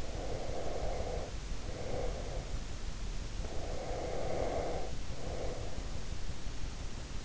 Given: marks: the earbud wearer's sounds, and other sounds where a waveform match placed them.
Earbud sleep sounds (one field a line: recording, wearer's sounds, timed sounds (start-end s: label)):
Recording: sounds in sleep by an in-ear microphone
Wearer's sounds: breath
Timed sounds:
0.00-2.56 s: breath
3.43-5.88 s: breath